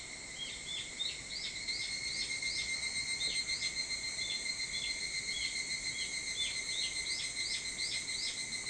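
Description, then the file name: Evening cicada song: clusters of short falling chirps over steady high ringing tones. Recorded 22 July 2023 at 04:40. "higurashi 230722 0440"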